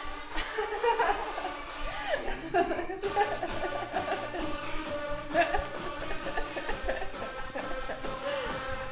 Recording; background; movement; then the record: laughter; music; walking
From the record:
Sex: female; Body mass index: 18.3 kg/m2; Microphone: on the chest, facing outward